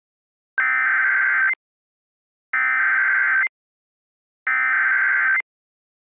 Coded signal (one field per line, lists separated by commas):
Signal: Emergency Alert System (SAME) tones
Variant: header bursts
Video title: The Freezing One: The Four Seasons (Part 2) - an EAS Scenario